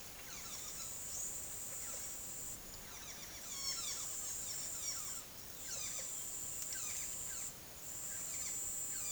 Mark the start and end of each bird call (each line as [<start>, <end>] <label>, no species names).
[0.08, 9.11] bird call